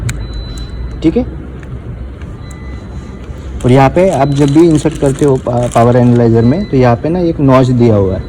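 A flexible current sensor lead connector in the input of a Hioki PQ3100 power analyzer is unlocked and opened. A sharp click at 0.1 s marks the connector releasing, followed by lighter ticks and a man talking over low background hum.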